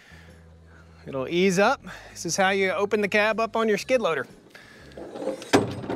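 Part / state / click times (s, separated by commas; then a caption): cab tilt support latch on a skid loader frame / seated / 5.4 s. Someone talks as a spring-loaded skid loader cab, freed by removing two bolts, is tilted up on its frame with a rising creak and rattle. The cab's tilt support latch locks it into the raised position with a sharp click at 5.4 s.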